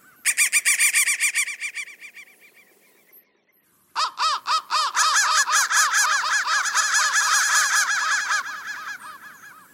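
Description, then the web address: Crow caws: a first rapid burst fading into a short pause, then a longer, dense, near-continuous run of harsh caws. "soundfactory crow 1"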